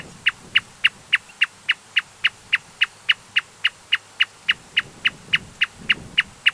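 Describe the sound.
Marsh Tapaculo calling in a steady, machine-like train of clipped notes, roughly three and a half per second, unbroken throughout.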